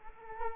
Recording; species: mosquito wingbeat signal from an infrared sensor; Culex quinquefasciatus